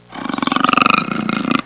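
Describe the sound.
Puma growl: a short, harsh, rasping growl that pulses rapidly throughout, lasting under two seconds.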